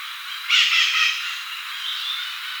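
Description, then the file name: Bird giving a single harsh, scratchy squawk near the start that fades into a hissy tail, with a constant high-pitched whine. "SABIOD 50 bird 2015"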